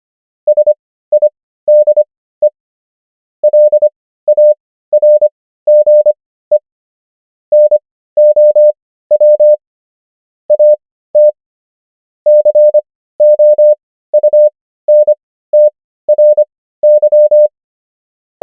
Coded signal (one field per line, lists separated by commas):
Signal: Morse code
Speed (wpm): 25 wpm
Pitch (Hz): 600 Hz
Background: none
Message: SIDE LARGE NOW AT COUNTRY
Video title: morse code practice | 25wpm | 15fw | 500 most common words | ENGLISH